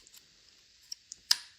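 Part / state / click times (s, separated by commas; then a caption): dummy rifle cartridge into tool collet / seated / 1.3 s. A dummy rifle cartridge is slid into the back of a seating depth tool's collet until the collet snaps onto it. A few faint clicks and light ticks come before a sharp, bright snap at 1.3 s, which marks the cartridge seating in the collet and rings briefly as it fades.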